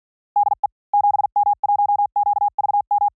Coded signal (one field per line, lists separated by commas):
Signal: Morse code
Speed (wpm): 48 wpm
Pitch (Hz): 810 Hz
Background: none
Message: DE 7M1QVM